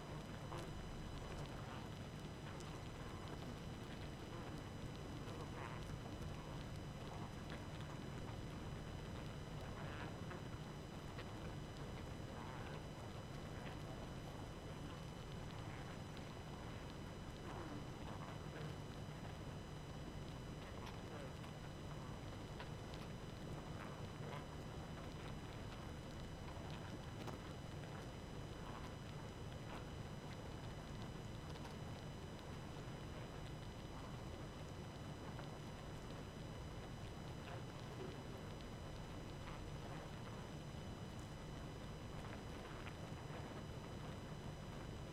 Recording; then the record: honeybee colony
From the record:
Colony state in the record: active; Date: 12 June 2018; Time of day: 23:02